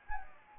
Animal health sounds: mosquito wingbeat signal from an infrared sensor; Anopheles gambiae

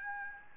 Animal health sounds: mosquito wingbeat signal from an infrared sensor; Aedes albopictus

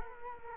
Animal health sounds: mosquito wingbeat signal from an infrared sensor; Culex quinquefasciatus

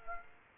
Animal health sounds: mosquito wingbeat signal from an infrared sensor; Aedes aegypti

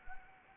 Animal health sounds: mosquito wingbeat signal from an infrared sensor; Anopheles arabiensis

